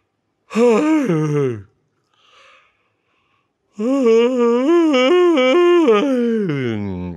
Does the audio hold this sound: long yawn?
yes